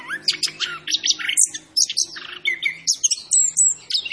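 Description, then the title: Orange-headed thrush song, a rapid run of varied whistles, slurred notes and sharp chirps sweeping high and low with barely a pause; a faint low hum underneath. Called Anis Kembang, singing vigorously (gacor); labelled Macan B2. "Anis Kembang Gacor. Suara Anis Kembang Macan B2"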